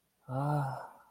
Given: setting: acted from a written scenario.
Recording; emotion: vocal sound without words; contentment